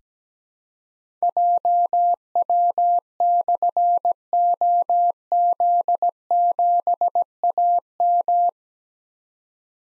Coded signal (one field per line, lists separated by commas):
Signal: Morse code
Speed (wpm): 17 wpm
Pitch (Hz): 700 Hz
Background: none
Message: JW/OZ7AM